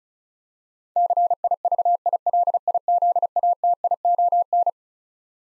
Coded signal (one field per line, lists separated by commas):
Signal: Morse code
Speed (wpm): 36 wpm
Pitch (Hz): 700 Hz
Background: none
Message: CIVILIZATION